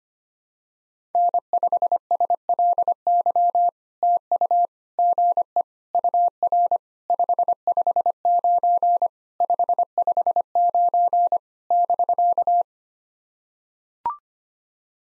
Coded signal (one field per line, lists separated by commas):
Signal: Morse code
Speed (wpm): 25 wpm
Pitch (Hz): 700 Hz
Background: none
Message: N5SLY TU GE UR 559 559 <BK>